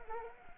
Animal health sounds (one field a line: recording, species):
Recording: mosquito wingbeat signal from an infrared sensor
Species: Anopheles arabiensis